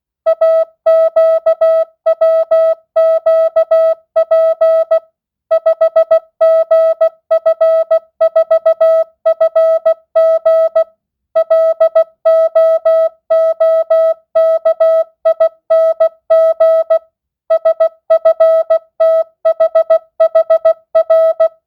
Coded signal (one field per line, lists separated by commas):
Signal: Morse code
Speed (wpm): 16 wpm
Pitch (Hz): 650 Hz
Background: music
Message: AQWQP 5GF4FG LOOKING SFTHHR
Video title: Receive Morse Code 10th Grade.